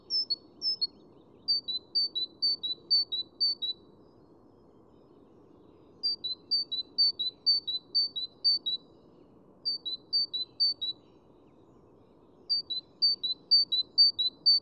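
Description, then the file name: Great tit singing repeated bouts of sharp two-note phrases, high then low, each bout lasting a couple of seconds with short gaps between, over a quiet steady hum. "Parus major"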